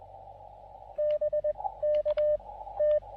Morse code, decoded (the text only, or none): BK T